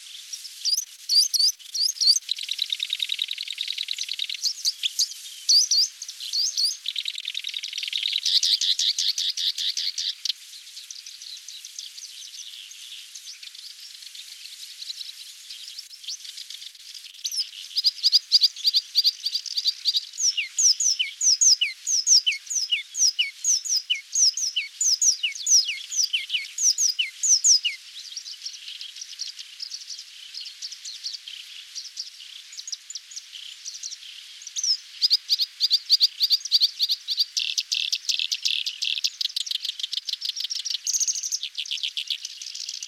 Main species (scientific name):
Acrocephalus bistrigiceps